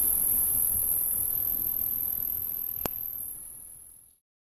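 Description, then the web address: Crickets trill in a high continuous chorus, broken by a single sharp click near the end before the sound fades to silence. "montana 2000 Crickets"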